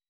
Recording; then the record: hydrophone in a shrimp aquaculture tank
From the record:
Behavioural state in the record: weakened